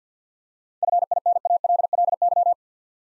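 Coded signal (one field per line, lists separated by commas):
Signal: Morse code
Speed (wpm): 52 wpm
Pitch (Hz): 700 Hz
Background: none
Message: FINALLY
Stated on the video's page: Morse practice of 7-letter words at 50 wpm for head-copy training.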